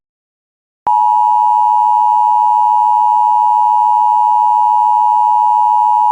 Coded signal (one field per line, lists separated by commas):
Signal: Emergency Alert System (SAME) tones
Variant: 853 and 960 Hz attention tone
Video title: 18x Header on WJON /IP Weatherscan 24/7 [Includes RARE Alerts] EAS 182-199)